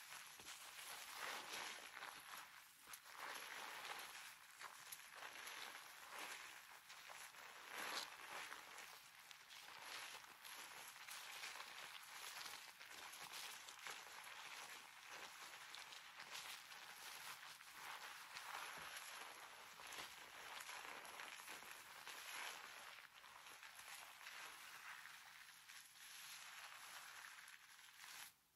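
Hair being washed and brushed, with scalp scratching and head massage. A dense, steady hiss of rubbing and scratching runs the whole way, bright and airy, broken by quick strokes that come in irregular bursts every second or so.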